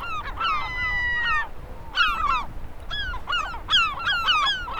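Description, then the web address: Gulls calling, a long drawn wail followed by clusters of sharp falling yelps, against a continuous low rushing background. "sound 6 seagulls"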